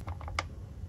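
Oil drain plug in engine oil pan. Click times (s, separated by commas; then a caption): 0.4 s. A steel oil drain plug in the oil pan of a Ram Hemi is unscrewed by hand, held in with the index finger while the thumb and middle finger spin it outward. Faint light ticks at 0.1, 0.2 and 0.3 s lead to a sharp, louder click at 0.4 s as the last thread disengages. The threads are all the way out and the plug is released, free to wiggle.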